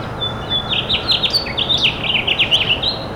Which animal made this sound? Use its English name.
House Finch